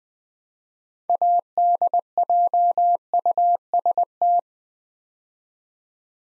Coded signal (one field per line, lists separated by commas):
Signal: Morse code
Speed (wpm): 20 wpm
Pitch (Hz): 700 Hz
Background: none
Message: ADJUST